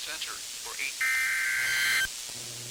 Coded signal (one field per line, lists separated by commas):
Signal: Emergency Alert System (SAME) tones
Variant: header bursts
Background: speech